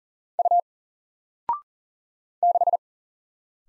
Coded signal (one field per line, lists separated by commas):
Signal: Morse code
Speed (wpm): 40 wpm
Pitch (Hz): 700 Hz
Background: none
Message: U 6